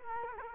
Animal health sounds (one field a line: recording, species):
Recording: mosquito wingbeat signal from an infrared sensor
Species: Culex quinquefasciatus